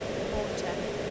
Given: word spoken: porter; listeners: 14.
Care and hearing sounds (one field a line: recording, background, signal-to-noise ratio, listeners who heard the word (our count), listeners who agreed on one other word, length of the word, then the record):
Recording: one English word in noise, from a listening test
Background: speech-shaped noise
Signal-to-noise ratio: -5.4 dB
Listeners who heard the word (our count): 2 of 14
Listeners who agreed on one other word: 9 of 14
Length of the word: 0.70 s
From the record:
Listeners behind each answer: 9, 2, 1, 1, 1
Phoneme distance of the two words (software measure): 10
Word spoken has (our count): 2 syllables, 4 phonemes, stress on syllable 1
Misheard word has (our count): 2 syllables, 4 phonemes, stress on syllable 1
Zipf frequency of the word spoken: 3.99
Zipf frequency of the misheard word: 5.53